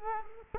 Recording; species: mosquito wingbeat signal from an infrared sensor; Culex quinquefasciatus